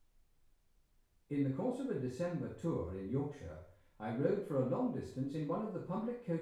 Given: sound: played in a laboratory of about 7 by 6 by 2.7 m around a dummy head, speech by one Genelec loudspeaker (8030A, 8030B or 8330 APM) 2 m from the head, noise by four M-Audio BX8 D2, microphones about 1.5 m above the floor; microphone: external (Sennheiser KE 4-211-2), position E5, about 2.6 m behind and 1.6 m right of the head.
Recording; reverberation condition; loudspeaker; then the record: male speech in English; medium; 150 degrees to the right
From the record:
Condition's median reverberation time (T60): about 510 ms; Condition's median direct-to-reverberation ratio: about -0.5 dB